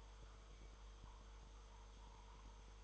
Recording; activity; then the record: daily activity, microphone in the room; make coffee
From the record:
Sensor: 3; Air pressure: 1014.7 hPa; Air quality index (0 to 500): 189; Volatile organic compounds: 20 ppm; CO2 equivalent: 2702 ppm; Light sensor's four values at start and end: 4/11/4/4 and 5/12/4/4